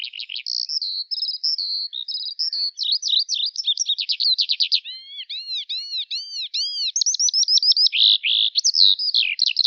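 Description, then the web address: Bird song, a rapid varied stream of high chirps, trills and buzzy notes, with a run of repeated arched whistles in the middle; no other sounds. "Deverinetal 2025 File cleaned normalized Bird Al Ar"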